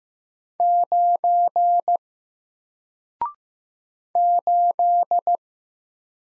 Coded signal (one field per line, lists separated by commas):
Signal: Morse code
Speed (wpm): 15 wpm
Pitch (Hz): 700 Hz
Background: none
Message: 9 8